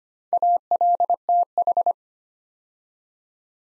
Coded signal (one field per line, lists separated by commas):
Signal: Morse code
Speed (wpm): 25 wpm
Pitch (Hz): 700 Hz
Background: none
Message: ALTH